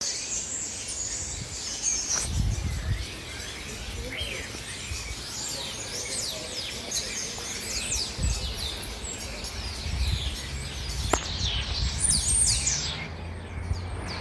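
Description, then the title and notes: Starlings chattering together: a dense, continuous mix of high whistles, squeaks and clicks, with a low background rumble and a couple of sharp knocks. "14 seconds of starlings by Jamstanislaus Rex"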